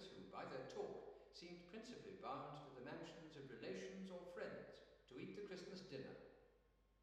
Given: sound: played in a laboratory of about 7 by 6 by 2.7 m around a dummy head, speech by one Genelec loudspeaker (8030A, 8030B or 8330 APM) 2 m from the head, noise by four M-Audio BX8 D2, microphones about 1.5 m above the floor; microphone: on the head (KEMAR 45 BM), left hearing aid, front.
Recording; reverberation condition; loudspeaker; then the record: male speech in English; high; 120 degrees to the left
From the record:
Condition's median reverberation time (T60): about 1300 ms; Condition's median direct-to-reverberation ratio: about -4.0 dB